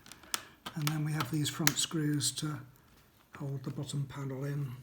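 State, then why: Seated. A plastic laptop panel is pressed into the laptop case during a screen replacement and clips into place with a sharp, loud click at 0.3 s. Someone talks for the rest of the clip, with a short pause just after 2.5 s.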